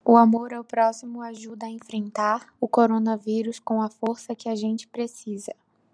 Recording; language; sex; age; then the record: spoken sentence; Brazilian Portuguese; female; 20 to 29 years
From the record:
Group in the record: control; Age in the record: 27 years